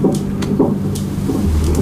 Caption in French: C'est le rythme cardiaque de votre bébé. C'est le cœur de votre bébé qui bat parfaitement bien. Un garçon.